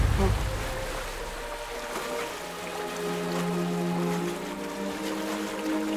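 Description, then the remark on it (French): Steady, rushing roar of churning sea and waves, strongest at the very start, with faint sustained low tones running underneath the wash of water. “Accroché à une planche de bois, il dérive, de-ci, de-là, sur la mer, bordée d'écume.”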